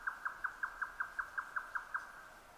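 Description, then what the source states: Grey nightjar song: eleven quick, evenly spaced knocking notes in about two seconds, rhythmic and mechanical. Recorded 12 June 2009 at 22:41.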